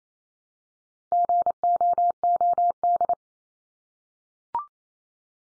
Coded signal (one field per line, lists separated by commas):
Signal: Morse code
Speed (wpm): 28 wpm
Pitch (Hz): 700 Hz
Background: none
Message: GOOD